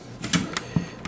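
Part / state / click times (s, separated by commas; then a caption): toy pistol into its display stand / not seated / none. A plastic toy pistol is handled and brought down toward its display stand, making a few short, light plastic taps and knocks over a quiet background. The clip ends before the pistol locks in, so nothing has seated or clicked into the stand yet.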